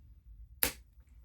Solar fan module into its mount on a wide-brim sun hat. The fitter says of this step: you hear it click.